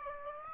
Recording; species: mosquito wingbeat signal from an infrared sensor; Aedes aegypti